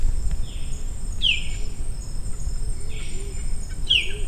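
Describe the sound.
Maratua bulbul giving several bright, descending calls, over a continuous high insect drone and soft low notes.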